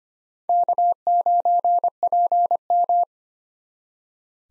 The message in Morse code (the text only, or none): K9PM